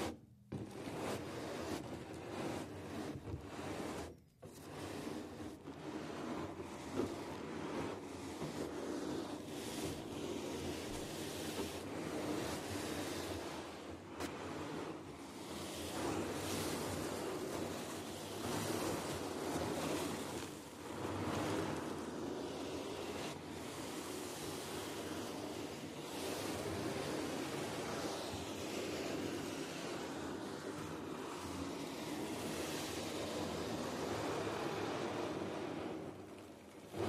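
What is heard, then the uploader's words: Continuous scratching, rubbing and brushing on a drum, a dense rushing hiss that runs almost without pause for the whole stretch. Short stops and sharper strokes break in near the start and around four seconds, with the level otherwise holding fairly steady and full. TimASMR-Scratching, Rubbing, and Brushing on a Drum (NO TALKING).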